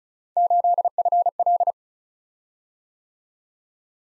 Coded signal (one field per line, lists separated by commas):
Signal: Morse code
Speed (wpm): 36 wpm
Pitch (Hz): 700 Hz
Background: none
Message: 8FL